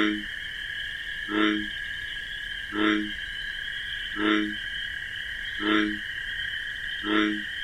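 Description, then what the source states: Bullfrog: low, resonant frog croaks repeat evenly several times, each one brief, beneath a persistent high-pitched cricket chorus. Night in wetlands with marsh grasses; bullfrog's distinctive 'jug-o-rum' call amid a nocturnal chorus of crickets.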